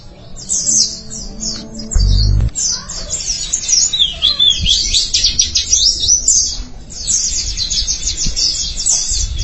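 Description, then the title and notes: White-eye song: dense, continuous high twittering and chirping, layered phrases running throughout, with a low thump near two seconds and a faint low hum beneath. "Suara kicauan burung pleci"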